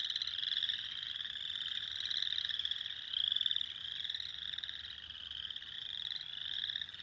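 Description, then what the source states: Spring peepers heard as a softer chorus of overlapping high peeps, a few individual rising notes standing out, swelling briefly near the middle. Recorded 2021-04-06.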